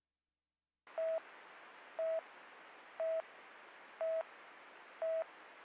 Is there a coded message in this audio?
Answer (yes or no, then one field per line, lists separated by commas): no